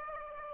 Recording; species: mosquito wingbeat signal from an infrared sensor; Aedes aegypti